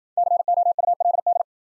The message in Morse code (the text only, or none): COULD